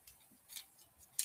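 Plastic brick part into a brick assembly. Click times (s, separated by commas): 1.2 s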